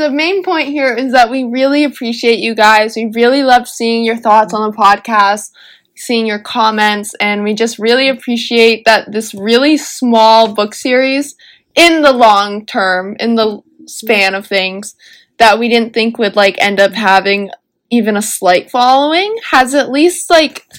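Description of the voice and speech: One adult woman speaks fluently and warmly at an easy conversational pace, with a clear, steady voice, natural pauses and casual fillers like "like." This is typical speech with no sign of a voice or speech disorder.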